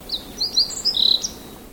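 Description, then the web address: Bird call: several thin, high chirps and one longer note, over faint background hiss. "Sound Effects-Foundation 1 BIRD 05 CALL 01"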